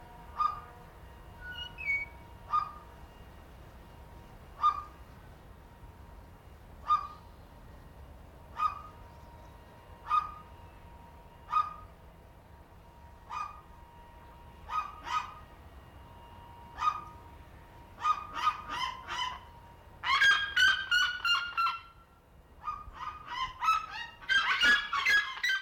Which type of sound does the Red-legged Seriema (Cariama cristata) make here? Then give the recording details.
call. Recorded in captivity. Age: adult. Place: Zoo Berlin, Berlin, DE. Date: 1992-11-07 11:52. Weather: bedeckt, 14°C. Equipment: Marantz CP 430, Sennheiser ME 80, Kopie Tesla B 116. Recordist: Tembrock, Günter